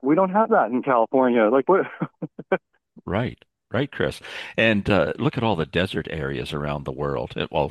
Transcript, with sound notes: We don't have that in California. Like, what... (laughs)
Right. Right, Chris. And, uh, look at all the desert areas around the world.